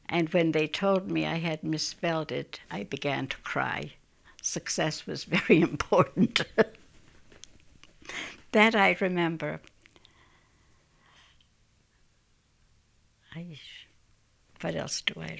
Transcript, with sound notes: And when they told me I had misspelled it, I began to cry. Success was very important. (she laughs) That I remember. What else do I remember....